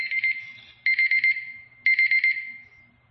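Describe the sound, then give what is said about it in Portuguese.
A timer alarm rings in bursts of rapid high-pitched electronic beeps, three clusters of about four or five pulses each, loud and bright, with each burst trailing off before the next. “A hora que eu embalo, você já toca esse despertador aí. Ah, temporizador, tá bom.”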